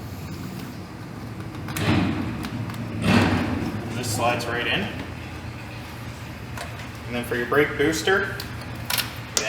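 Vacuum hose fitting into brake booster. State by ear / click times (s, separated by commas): seated / 9.4 s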